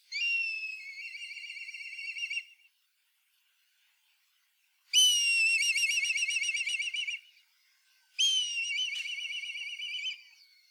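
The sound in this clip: Black kite repeating its shrill, quavering whistle three times, each call about two seconds long with a fast tremolo, separated by short silences.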